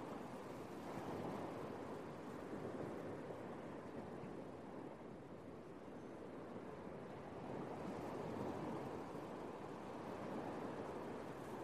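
Ocean waves wash in a dense, continuous rush, weighted toward a low, full roar. The surge builds around the second second, eases to a softer lull near the middle, then swells again toward the end. The sound stays unbroken throughout.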